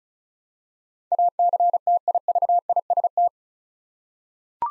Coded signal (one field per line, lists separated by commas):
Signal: Morse code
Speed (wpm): 36 wpm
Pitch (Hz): 700 Hz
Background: none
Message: ACTIVIST